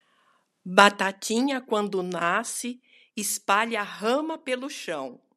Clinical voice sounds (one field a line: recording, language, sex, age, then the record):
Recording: short text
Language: Brazilian Portuguese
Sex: female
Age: 60 to 69 years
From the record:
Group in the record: control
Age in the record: 68 years